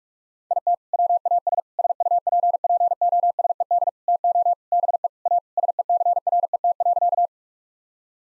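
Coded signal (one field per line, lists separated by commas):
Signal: Morse code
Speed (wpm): 46 wpm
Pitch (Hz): 700 Hz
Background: none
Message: IT WAS SUPPOSED TO BE A SECRET.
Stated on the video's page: Morse practice at 45 wpm, sending sentences built on common four-word phrases for head-copy drill, each sentence sent in Morse, then spoken, then sent again.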